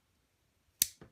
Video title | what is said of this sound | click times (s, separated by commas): Leatherman Surge vs Leatherman Wave Multitool - Full Comparison and Review | need to close the tool over, but yeah, they all lock into place. | 0.8 s